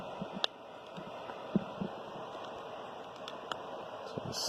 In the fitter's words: And then the case is going to snap right into itself.